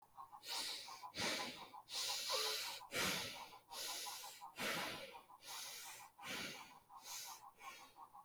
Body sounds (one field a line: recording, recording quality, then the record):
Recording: deep breathing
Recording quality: excellent, no background noise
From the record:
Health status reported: healthy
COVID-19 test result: not tested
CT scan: not taken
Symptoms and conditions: none ticked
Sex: male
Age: 39 years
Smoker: no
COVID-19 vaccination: none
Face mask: worn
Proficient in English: yes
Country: India